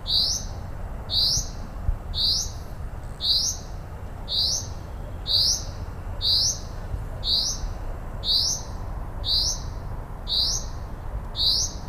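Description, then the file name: Common chaffinch sounding a steady series of sharp, ringing call notes about once per second, around twelve repeats, over a quiet low drone. "Fringilla coelebs"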